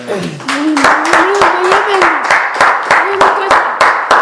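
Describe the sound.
Steady, rhythmic clapping in an even beat, several sharp claps each second, with a voice sounding continuously underneath.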